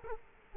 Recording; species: mosquito wingbeat signal from an infrared sensor; Culex quinquefasciatus